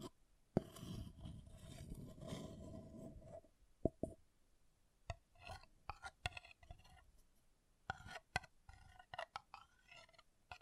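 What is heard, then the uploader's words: An object scratches in a dense, raspy rub for the first three seconds, then short sharp scrapes and taps come in irregular bursts. ASMR Brain Melting Object Scratching (No Talking).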